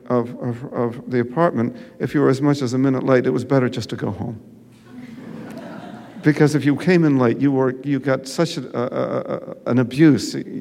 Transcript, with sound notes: of the apartment, if you were as much as a minute late, it was better just to go home.
(LAUGHTER)
Because if you came in late, you were -- you got such an abuse.